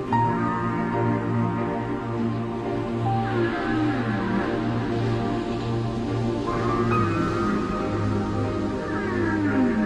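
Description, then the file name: Whale song mixing wavering moans, falling slides and a rising whoop, layered over a continuous deep drone. "Chant des baleines - whales singing"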